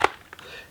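The side release buttons on the plastic flight battery pack of an SJRC F11S 4K PRO GPS camera drone are pressed to pull the battery out of the drone's top bay, giving a sharp click at 0.0 s. Two fainter ticks follow at about 0.3 s and 0.4 s, and the battery is released.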